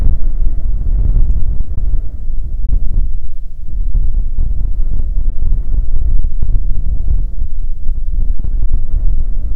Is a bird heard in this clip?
no